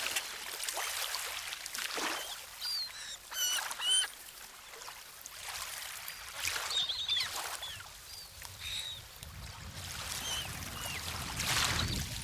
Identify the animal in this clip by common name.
Black-headed Gull